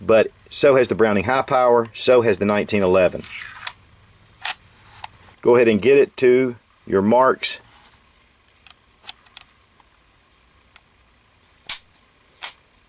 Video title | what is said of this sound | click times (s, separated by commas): CZ 75 SP01 Tactical 9mm Pistol | Snaps right in. | 11.7 s